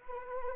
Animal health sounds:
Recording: mosquito wingbeat signal from an infrared sensor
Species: Anopheles arabiensis

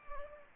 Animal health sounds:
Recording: mosquito wingbeat signal from an infrared sensor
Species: Anopheles gambiae

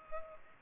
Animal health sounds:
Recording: mosquito wingbeat signal from an infrared sensor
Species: Culex pipiens

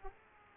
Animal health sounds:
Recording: mosquito wingbeat signal from an infrared sensor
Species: Aedes aegypti

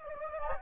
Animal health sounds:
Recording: mosquito wingbeat signal from an infrared sensor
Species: Anopheles gambiae

